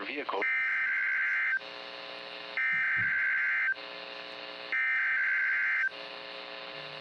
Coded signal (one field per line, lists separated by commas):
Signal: Emergency Alert System (SAME) tones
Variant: header bursts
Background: speech